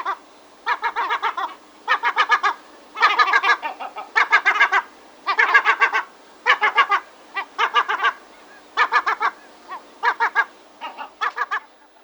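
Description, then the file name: Herring gull giving rapid, harsh, laughing notes grouped in quick clusters through the whole stretch. "CHajka serebristaja"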